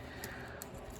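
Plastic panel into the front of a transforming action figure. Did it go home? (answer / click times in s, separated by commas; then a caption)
no / none. A plastic panel is pushed into the front of a Transformers Buzzworthy Bumblebee Studio Series B-127 Deluxe action figure while converting it to vehicle mode. Two brief sharp sounds come at about 0.2 s and 0.6 s over a steady low background. Nothing has seated or clicked yet; the panel keeps popping back out instead of locking.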